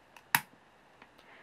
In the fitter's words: Once you hear the click, the tail is on, and you're ready to play.